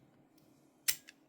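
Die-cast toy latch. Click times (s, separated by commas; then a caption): 1.1 s. The red tab at the back of a repaired 1974 Corgi Toys SU-100 Russian Tank Destroyer die-cast toy tank is pressed once, releasing the latched commander figure so it pops up. A faint tick at 0.4 s is followed by a loud, sharp snap near 0.9 s that rings down briefly, then a short, crisp click at 1.1 s as the commander is released.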